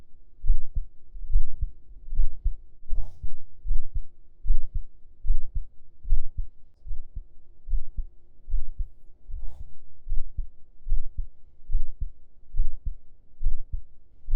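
Steady low lub-dub heartbeat at about 75 beats a minute, heard with an ear laid on the chest under the shirt, with faint rustling.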